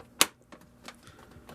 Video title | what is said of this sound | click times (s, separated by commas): SH Figuarts Kamen Rider Black RX Ridelone Car Action Figure Review | and good to go. Once you hear the click, you know it's secure. | 0.2 s